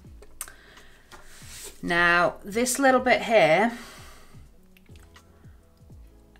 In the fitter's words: until you hear the click again